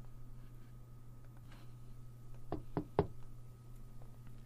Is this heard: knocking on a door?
yes